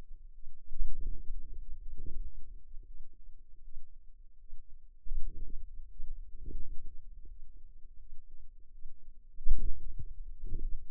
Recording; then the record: forearm muscle sounds (acoustic myography)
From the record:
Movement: hand closing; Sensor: system 2, bracelet of six BSWA MPA416 microphones around the upper forearm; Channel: 6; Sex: female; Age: 23 years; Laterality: right